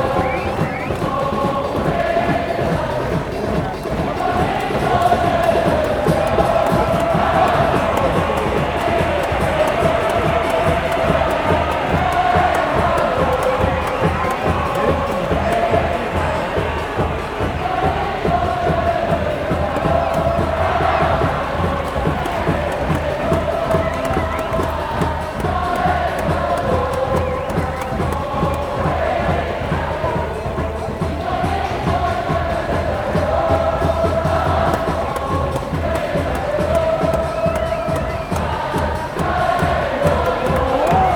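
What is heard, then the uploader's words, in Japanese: A stadium crowd heard from the top row of the away-side stands, singing and chanting together without a break for the whole clip. Rapid, regular beats of drumming or clapping run underneath the massed voices, which swell slightly around twenty seconds. J2第24節ヴァンフォーレ甲府vs松本山雅FC。山梨中銀スタジアムS自由席アウェイ側最上段。ローランドR-09。AGC：OFF、EXT MIC TYPE：STEREO、LOW CUT：ON、MIC GAIN：LOW。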